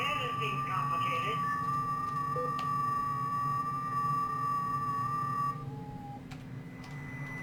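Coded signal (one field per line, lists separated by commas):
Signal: FT8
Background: speech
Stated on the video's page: FT8 operation using WSJT-X.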